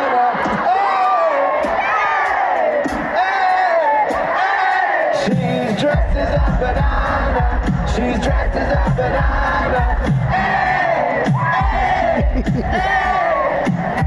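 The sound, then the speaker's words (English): A large concert crowd, many dressed as different fruits, roars with sustained cheering, whoops and shouts, many voices layered into a loud, continuous wall of noise with rising and falling yells. “Basically, everyone in the crowd is dressed as different fruits for some reason.”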